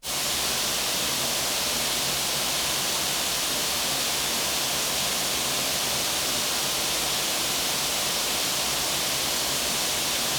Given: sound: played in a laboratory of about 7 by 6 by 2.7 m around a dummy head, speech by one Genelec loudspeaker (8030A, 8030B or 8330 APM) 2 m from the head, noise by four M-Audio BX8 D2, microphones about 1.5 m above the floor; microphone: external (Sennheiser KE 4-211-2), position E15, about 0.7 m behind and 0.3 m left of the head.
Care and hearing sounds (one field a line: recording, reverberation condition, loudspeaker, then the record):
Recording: white noise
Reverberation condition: high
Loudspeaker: four, about 170 cm from the corners of the room and facing them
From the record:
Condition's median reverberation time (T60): about 1300 ms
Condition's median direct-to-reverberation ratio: about -4.0 dB